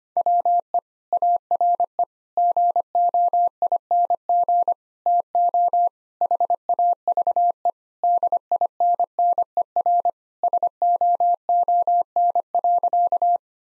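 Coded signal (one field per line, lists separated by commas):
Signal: Morse code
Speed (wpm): 25 wpm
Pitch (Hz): 700 Hz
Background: none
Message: WE ARE GOING TO HAVE DINNER SOON.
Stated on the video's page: 25 wpm Morse practice of sentences built from common three-word phrases, for head copy.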